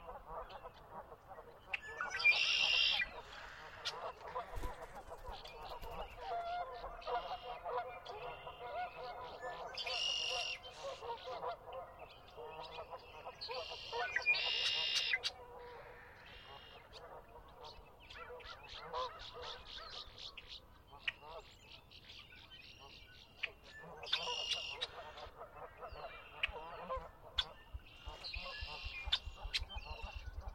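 At dawn on Conner's Lake, geese keep up a dense, steady honking chatter, with louder shrill bursts breaking out every few seconds.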